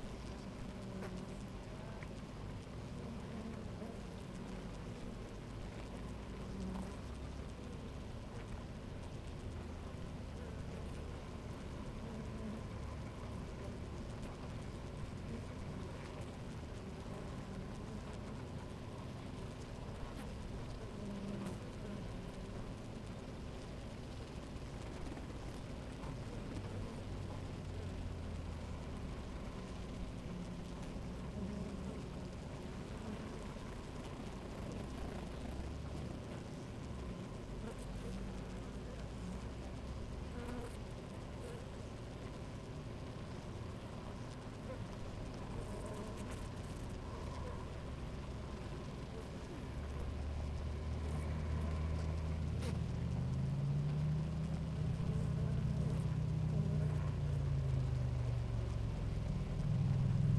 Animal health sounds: honeybee colony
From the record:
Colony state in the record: active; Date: 28 July 2017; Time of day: 10:37

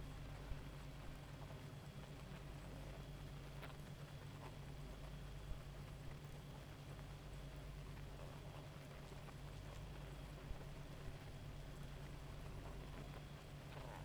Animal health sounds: honeybee colony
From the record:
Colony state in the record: active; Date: 28 July 2017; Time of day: 1:45

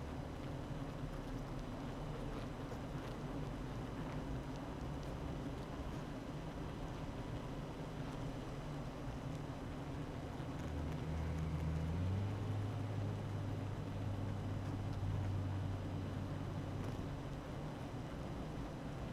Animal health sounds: honeybee colony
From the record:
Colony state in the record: active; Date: 12 June 2018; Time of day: 8:13

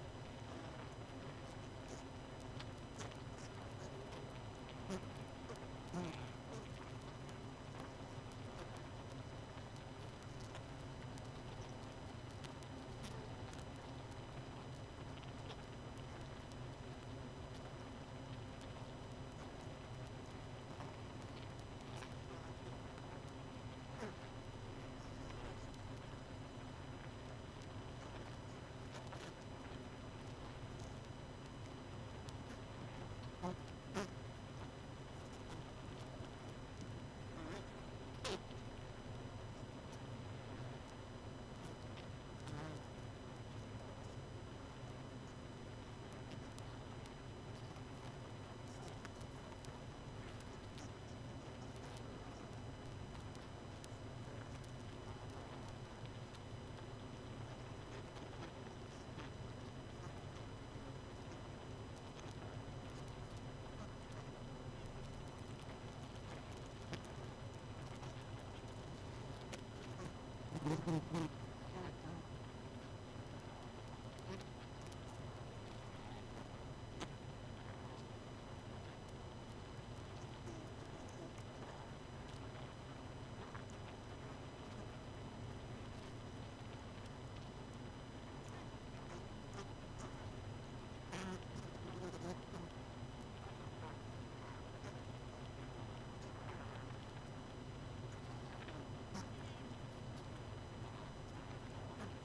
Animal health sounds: honeybee colony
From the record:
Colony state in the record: missing queen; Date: 31 May 2018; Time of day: 23:11

